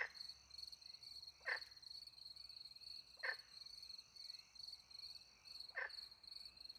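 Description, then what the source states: Frog croaks, a few short coarse notes well spaced apart, over an unbroken high cricket chorus. Frogs with crickets in French countryside at night; microphones hidden in a tree near a small pond; recorded with two Usi Pro microphones into a MixPre-10 II.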